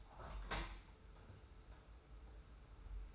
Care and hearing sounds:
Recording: daily activity, microphone in the room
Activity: open window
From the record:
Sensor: 2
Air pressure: 991.2 hPa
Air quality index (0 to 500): 126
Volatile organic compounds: 120 ppm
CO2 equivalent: 3874 ppm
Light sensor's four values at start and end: 37/108/42/40 and 37/108/43/41

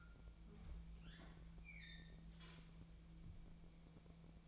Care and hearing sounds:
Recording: daily activity, microphone in the room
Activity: open fridge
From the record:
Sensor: 1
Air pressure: 1000.0 hPa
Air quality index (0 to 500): 134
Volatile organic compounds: 2 ppm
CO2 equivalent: 1268 ppm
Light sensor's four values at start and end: 37/95/40/49 and 37/94/40/49

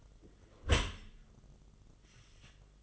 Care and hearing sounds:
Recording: daily activity, microphone in the room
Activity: close dishwasher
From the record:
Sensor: 4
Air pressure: 1005.6 hPa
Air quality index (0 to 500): 111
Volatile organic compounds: 3 ppm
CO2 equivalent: 1386 ppm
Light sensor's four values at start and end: 11/24/9/9 and 12/26/10/10

